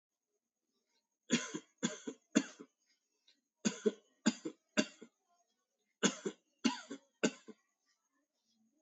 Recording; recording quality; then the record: heavy voluntary cough; poor, much background noise or distortion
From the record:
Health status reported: healthy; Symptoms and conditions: diabetes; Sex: male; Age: 26 years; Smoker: not ticked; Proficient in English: yes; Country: India